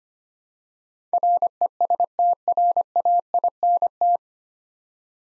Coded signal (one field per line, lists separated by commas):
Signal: Morse code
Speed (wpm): 25 wpm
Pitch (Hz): 700 Hz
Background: none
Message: RESTRAINT